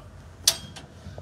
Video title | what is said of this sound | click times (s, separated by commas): Bobcat ZT6000 Commercial Zero turn mower | and it locks in place you | 0.5 s